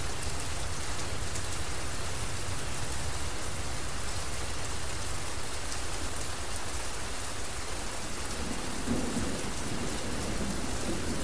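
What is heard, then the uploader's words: Heavy, steady rain hisses evenly across the whole recording, dense with no breaks. Beneath it a low, churning rumble, like thunder, rolls on throughout without any sharp crack. The level holds constant from start to finish. Thunder And Rain Sounds For Sleeping - White Noise.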